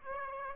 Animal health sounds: mosquito wingbeat signal from an infrared sensor; Aedes aegypti

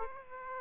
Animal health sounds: mosquito wingbeat signal from an infrared sensor; Aedes aegypti

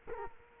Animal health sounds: mosquito wingbeat signal from an infrared sensor; Culex quinquefasciatus

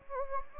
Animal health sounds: mosquito wingbeat signal from an infrared sensor; Anopheles gambiae

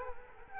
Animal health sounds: mosquito wingbeat signal from an infrared sensor; Culex quinquefasciatus

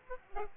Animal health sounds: mosquito wingbeat signal from an infrared sensor; Aedes aegypti

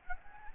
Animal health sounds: mosquito wingbeat signal from an infrared sensor; Anopheles gambiae

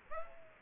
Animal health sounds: mosquito wingbeat signal from an infrared sensor; Aedes aegypti

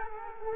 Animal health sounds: mosquito wingbeat signal from an infrared sensor; Culex quinquefasciatus

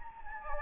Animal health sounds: mosquito wingbeat signal from an infrared sensor; Anopheles gambiae

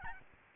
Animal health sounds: mosquito wingbeat signal from an infrared sensor; Aedes albopictus

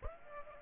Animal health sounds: mosquito wingbeat signal from an infrared sensor; Aedes aegypti

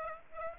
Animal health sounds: mosquito wingbeat signal from an infrared sensor; Aedes aegypti

